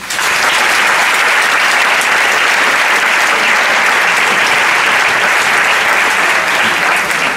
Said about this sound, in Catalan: Per tots ells us demano un aplaudiment.